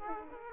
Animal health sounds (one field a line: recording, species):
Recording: mosquito wingbeat signal from an infrared sensor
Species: Aedes aegypti